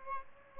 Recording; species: mosquito wingbeat signal from an infrared sensor; Aedes albopictus